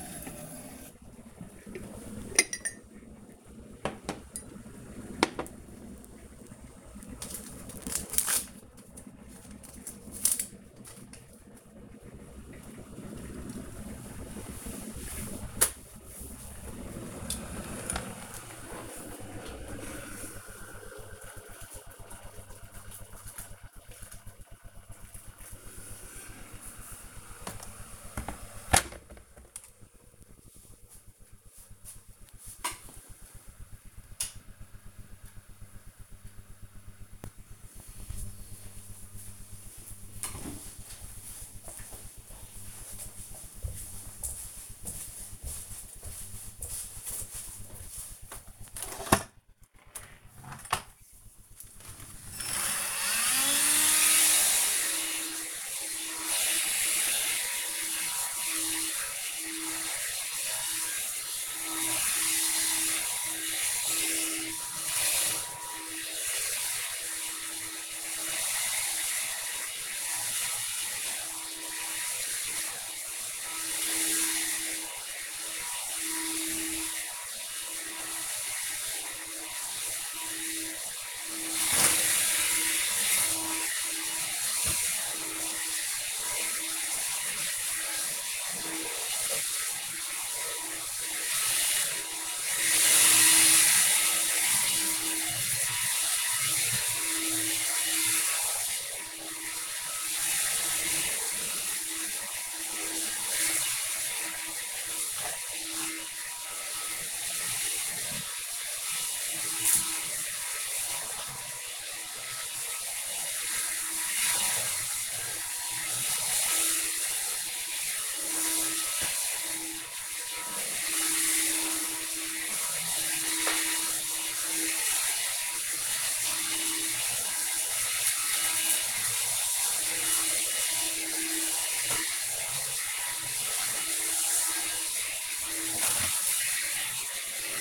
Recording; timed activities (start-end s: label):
household activities, microphone on the right wrist
0.00-29.44 s: making tea
48.61-137.14 s: vacuum cleaning